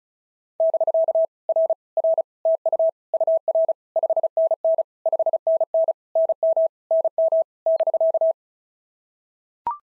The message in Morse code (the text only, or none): <BK> R R TU UR 5NN 5NN NM NM <BK>